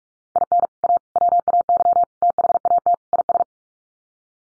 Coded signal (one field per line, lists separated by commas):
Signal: Morse code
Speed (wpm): 44 wpm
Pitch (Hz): 700 Hz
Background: none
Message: IN A WAY THAT IS